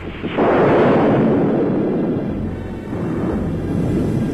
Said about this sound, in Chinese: 打雷了，下雨了，天哭了。